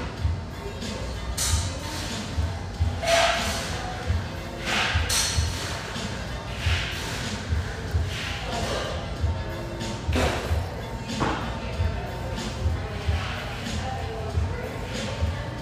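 A café fills with steady chatter and a low, continuous murmur underneath. Short clatters and thuds of dishes and movement break through every second or two, some sharper around the third and tenth seconds, while the background hum stays constant throughout.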